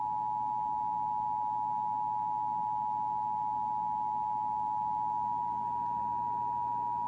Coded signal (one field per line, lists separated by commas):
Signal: Emergency Alert System (SAME) tones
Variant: 853 and 960 Hz attention tone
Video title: Clark County Civil Practice/Demo EAS Test | CIV DMO | 12/7/2020